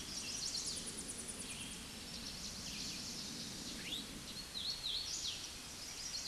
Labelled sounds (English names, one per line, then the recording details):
Hooded Warbler song
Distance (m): 30 m
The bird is about 15 m above the microphone
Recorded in a Pennsylvania forest on 16 May 2024 at 08:50
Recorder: AudioMoth, point MSD-0079
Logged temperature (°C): 16.1 °C
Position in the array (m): 146 m, 106 m